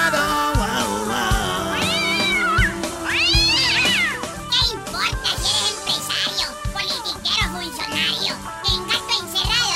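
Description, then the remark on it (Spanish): A cat meowing sound effect: several drawn-out, high meows that rise and fall in pitch, heard over a steady, busy background of music-like sound. “Gato encerrado.”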